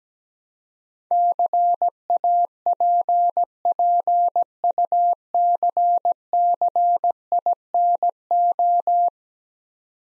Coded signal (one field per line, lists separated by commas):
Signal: Morse code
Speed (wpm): 17 wpm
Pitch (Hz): 700 Hz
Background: none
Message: CAPPUCCINO